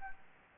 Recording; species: mosquito wingbeat signal from an infrared sensor; Anopheles gambiae